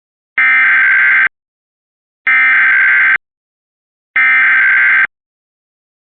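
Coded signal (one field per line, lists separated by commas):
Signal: Emergency Alert System (SAME) tones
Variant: header bursts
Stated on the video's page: Child abduction emergency alert for Florida, carried by Comcast cable.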